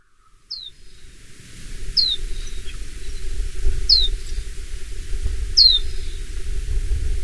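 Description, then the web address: Chestnut-flanked white-eye giving four sharp, high, falling call notes roughly every one and a half to two seconds, with a low rumbling background. Recorded at Murayama on 4 February 2024. "koe chousenmejiro murayama 20240204"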